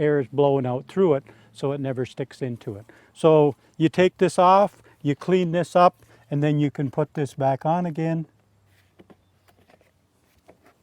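Someone talks for about eight seconds while handling the cleaned screen of an HRV outdoor exhaust hood, about to push it back onto the hood. Then a few faint, brief handling sounds follow near 9.0, 9.1 and 9.7 seconds. The screen has not snapped into place yet, and nothing has seated by the end of the clip.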